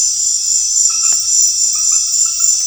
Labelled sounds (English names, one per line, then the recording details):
none
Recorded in secondary vegetation near Puerto Asís, Putumayo, Colombia, on 28 February 2025 at 19:30
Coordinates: 0.484, -76.319
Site G010